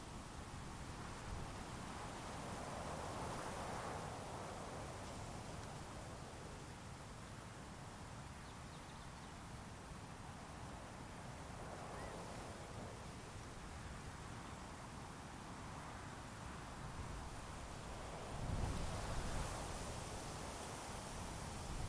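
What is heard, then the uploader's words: Wind moves through sagebrush in a steady, dense outdoor hush, with a low rumble underneath. Soft gusts swell around 3, 12 and 19 seconds, the last one a little louder. No other distinct sounds stand out. Early Evening At Columbia National Wildlife Refuge. Because of the long summer-time aridness of the refuge, vegetation is sparse. Prairie grasses and sage dominate the landscape outside of the marshy coulees. There are times in which I felt like I was out just to record wind through sage.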